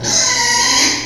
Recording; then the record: squeal of a Yucatan mini pig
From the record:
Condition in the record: before surgery on the right vocal fold (resection and tissue-engineered implant); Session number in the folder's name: 2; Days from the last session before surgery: 0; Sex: male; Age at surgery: 12 weeks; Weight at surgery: 13 kg